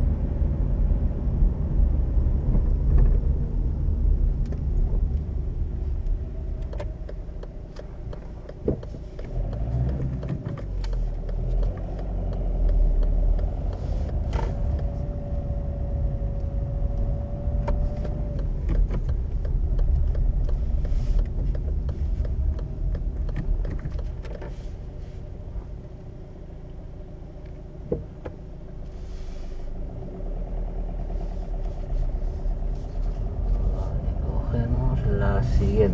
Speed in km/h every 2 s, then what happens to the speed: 24, 21, 11, 6, 0, 0, 6, 15, 13, 14, 13, 8, 0, 0, 0, 5, 11, 16.
0-7 slows to 0. 7-11 standing. 11-14 pulls away to 15. 14-21 steady at about 13. 21-24 brakes to 0. 24-28 standing. 28-36 pulls away to 16.